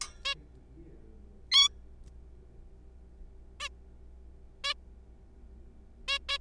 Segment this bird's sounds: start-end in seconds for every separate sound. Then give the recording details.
0.25-0.34, 1.52-1.68, 3.60-3.69, 4.64-4.74, 6.08-6.18, 6.29-6.38. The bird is a juvenile. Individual R3428